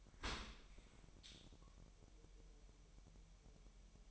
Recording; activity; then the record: daily activity, microphone in the room; open dishwasher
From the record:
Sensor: 1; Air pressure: 1000.5 hPa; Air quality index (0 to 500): 248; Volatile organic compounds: 144 ppm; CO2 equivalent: 3994 ppm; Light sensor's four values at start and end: 11/27/11/12 and 11/27/11/12